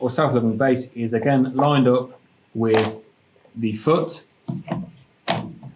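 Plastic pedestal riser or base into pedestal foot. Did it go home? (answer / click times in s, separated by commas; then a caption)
yes / 5.3 s. A plastic decking pedestal base or riser is lined up with the plastic foot and turned until it clicks into place. Someone talks, and a sharp click is heard at 5.3 s in a gap in the talk, showing the base is seated on the foot.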